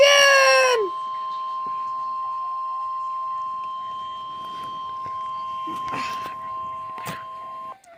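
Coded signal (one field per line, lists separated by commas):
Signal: Emergency Alert System (SAME) tones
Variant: 1050 Hz attention tone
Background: speech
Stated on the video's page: Real EAS alerts for snow squalls.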